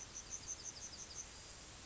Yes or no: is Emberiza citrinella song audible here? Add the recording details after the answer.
yes. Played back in grassland. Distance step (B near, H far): F. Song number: 169